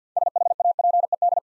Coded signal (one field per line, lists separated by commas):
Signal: Morse code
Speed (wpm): 47 wpm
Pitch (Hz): 700 Hz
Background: none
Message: SHAPED